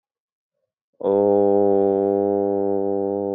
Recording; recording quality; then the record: sustained vowel as in boot; excellent, no background noise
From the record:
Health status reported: COVID-19 positive, mild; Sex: male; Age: 23 years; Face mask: not worn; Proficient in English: yes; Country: India